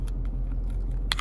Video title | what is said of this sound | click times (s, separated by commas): 2015 - 2023 Ford Mustang How to Change Key Fob Battery / remote battery replacement 2021 | Okay, kind of hear it click and everything. | 1.1 s